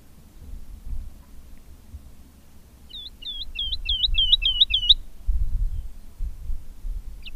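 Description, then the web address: Woodlark song: a short series of repeated, looping high notes over about two seconds, with low background rumble throughout. "agykontroll Madardalok Cd 2. Erdei pacsirta"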